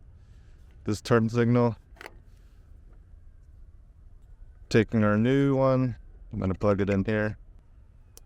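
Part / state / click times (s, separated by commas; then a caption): LED side marker plug into turn signal harness connector / seated / 8.2 s. Someone talks as a new Mabett revised LED side marker harness plug is pushed into the turn signal harness connector on a Ford Maverick. A single sharp click is heard at 8.2 s as the connector clicks in and seats.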